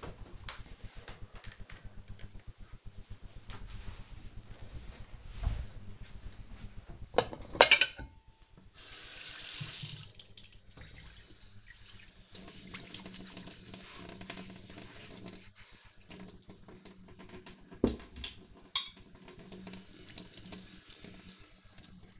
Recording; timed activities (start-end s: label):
household activities, microphone on the right wrist
6.71-22.20 s: washing dishes